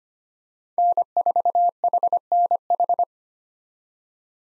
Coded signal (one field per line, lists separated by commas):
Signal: Morse code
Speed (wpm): 25 wpm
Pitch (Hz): 700 Hz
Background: none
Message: N4HNH